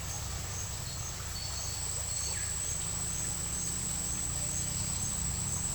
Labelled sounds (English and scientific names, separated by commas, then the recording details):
none
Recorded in dense forest near Puerto Asís, Putumayo, Colombia, on 20 December 2024 at 12:00
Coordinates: 0.467, -76.328
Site GP05